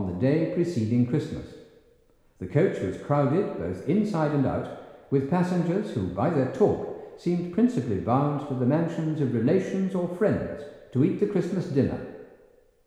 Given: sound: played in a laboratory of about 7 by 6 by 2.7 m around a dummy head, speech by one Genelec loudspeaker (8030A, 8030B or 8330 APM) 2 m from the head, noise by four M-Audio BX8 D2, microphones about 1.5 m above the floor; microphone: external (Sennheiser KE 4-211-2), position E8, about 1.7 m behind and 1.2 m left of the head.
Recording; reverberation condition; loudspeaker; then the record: male speech in English; high; 150 degrees to the left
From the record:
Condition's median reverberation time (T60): about 1300 ms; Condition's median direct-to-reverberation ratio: about -4.0 dB